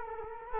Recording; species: mosquito wingbeat signal from an infrared sensor; Culex quinquefasciatus